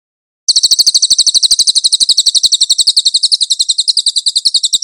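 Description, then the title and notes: Cililin song: a fast, steady run of high, chirping notes that continues without a break after a brief silent start. "MASTER SUARA BURUNG CILILIN. CICILIN"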